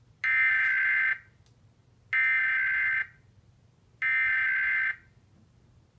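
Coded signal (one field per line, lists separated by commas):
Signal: Emergency Alert System (SAME) tones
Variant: header bursts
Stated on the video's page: Required Monthly Test aired on WFAA with a new EAS screen and voiceover, recorded two hours after the Required Weekly Test.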